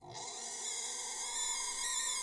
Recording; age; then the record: pig call; weaner (32 to 43 days)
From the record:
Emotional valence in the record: negative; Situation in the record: restrain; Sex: male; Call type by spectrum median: high-frequency call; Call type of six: high-frequency stable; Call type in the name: high-frequency stable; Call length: 2.3 s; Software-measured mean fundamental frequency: 271 Hz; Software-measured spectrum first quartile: 3153 Hz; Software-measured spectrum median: 6003 Hz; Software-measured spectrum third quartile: 7562 Hz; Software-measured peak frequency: 6993 Hz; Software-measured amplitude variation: 78 dB a second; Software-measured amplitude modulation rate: 26.6 a second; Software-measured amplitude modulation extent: 2.9 dB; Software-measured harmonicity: 1.3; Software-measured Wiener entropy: -1.95